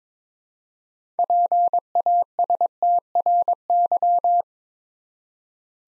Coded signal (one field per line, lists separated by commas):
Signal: Morse code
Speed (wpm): 22 wpm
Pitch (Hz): 700 Hz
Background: none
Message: PASTRY